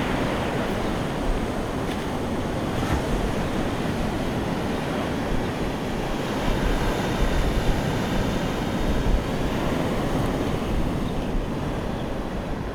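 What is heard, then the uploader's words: The sea at Hualian, Taiwan, rolls on as a continuous low roar, dense and heavy in the bass with a hissing wash above. The level stays steady throughout, with only slight swells around the middle and a few faint clicks scattered early on. The sea in Hualian, Taiwan.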